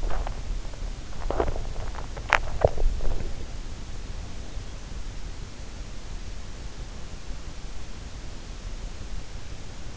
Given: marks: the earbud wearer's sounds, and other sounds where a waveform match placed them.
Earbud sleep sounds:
sounds in sleep by an in-ear microphone; swallowing, teeth grinding
0.00-1.83 s: swallowing
1.83-3.26 s: teeth grinding

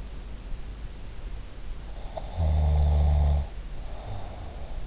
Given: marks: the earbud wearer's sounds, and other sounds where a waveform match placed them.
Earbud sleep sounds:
sounds in sleep by an in-ear microphone; snoring breath
2.20-4.82 s: snoring breath

